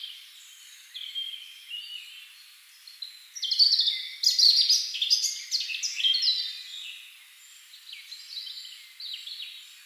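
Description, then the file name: European robin song: thin, high, warbling phrases with quick slurred notes and trills, rising to a louder tumbling burst in the middle, then softer wavering notes. "Erithacus rubecula"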